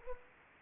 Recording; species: mosquito wingbeat signal from an infrared sensor; Anopheles arabiensis